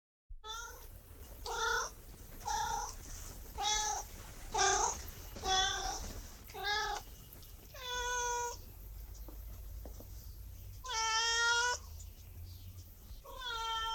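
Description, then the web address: Cat meowing, a series of repeated meows about one per second at first, then more widely spaced, some longer and more drawn out. "cat miaowing"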